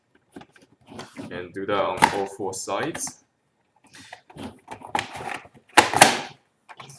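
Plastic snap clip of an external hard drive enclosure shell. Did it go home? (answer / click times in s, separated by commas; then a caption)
released / 5.8 s. Someone talks while prying up the plastic shell of a broken Western Digital My Book external hard drive enclosure, which has no glue and is held together by snap clips. A snap clip pops open with a sharp click at 5.8 s, and the shell is released.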